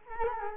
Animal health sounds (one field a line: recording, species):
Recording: mosquito wingbeat signal from an infrared sensor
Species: Culex quinquefasciatus